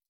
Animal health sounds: hydrophone in a shrimp aquaculture tank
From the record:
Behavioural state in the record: stressed

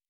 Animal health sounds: hydrophone in a shrimp aquaculture tank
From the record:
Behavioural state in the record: normal

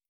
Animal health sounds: hydrophone in a shrimp aquaculture tank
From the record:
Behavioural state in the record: starved

